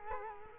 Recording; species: mosquito wingbeat signal from an infrared sensor; Culex quinquefasciatus